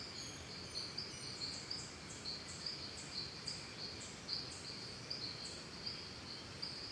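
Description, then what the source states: Crickets trilling in a steady high buzz with faint repeated chirps above, set against soft broad background hiss. Calm forest and jungle ambience from Costa Rica, crickets together with birds.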